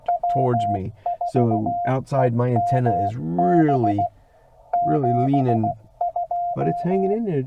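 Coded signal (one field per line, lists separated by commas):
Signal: Morse code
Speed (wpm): 16 wpm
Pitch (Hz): 720 Hz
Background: speech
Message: W4EMB 72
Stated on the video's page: Morse from a park activation (POTA) at Haynes Bottom, Tennessee, run on a 12 V battery with RG-316 coax.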